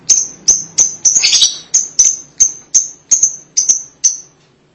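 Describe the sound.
Lovebird calling with steady high piercing chirps about every third of a second, a brief rattly flurry early on.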